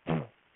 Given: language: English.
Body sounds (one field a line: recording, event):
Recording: throat vibration sensor signal played as sound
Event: throat clearing